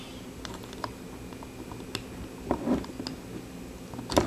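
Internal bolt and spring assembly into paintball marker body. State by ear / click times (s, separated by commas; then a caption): seated / 4.1 s, 4.2 s. The internal bolt and spring assembly is slid as one unit into the body of an Inspire BFG paintball gun. Light scraping and small ticks of movement come first. A sharp double click at 4.1 and 4.2 seconds shows the assembly seating into place.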